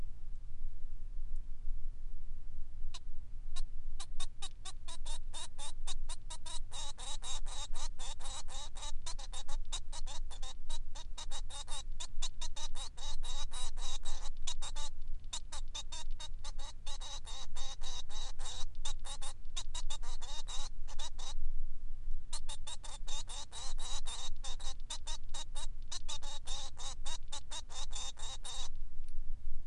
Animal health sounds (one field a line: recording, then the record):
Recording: song of a male Bengalese finch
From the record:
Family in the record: son of father 3